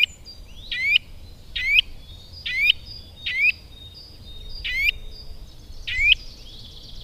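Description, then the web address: Eurasian nuthatch call: loud, sharp rising notes with a harsh edge, given singly about once a second, other faint bird notes behind. "agykontroll Madardalok Cd 1. Csuszka"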